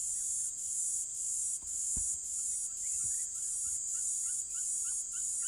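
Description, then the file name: Platypleura divisa cicada singing a high, continuous buzz broken by brief repeated dips, with soft bird chirps beneath. Recorded near Harrismith. "P divisa nr Harrismith"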